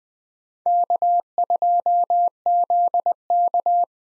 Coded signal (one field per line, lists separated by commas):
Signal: Morse code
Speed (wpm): 21 wpm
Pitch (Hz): 700 Hz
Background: none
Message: K2ZK